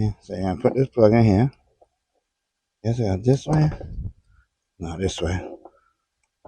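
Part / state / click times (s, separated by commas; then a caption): immobilizer harness plug into fuel pump wiring connector / seated / 5.6 s. Someone talks while pushing the plastic wiring plug of a security immobilizer harness into the fuel pump wiring connector on a 2024 Can-Am Spyder RT/F3, first holding it the wrong way round, then flipping it and pushing it home. A short, sharp click at 5.7 s shows the connector seated.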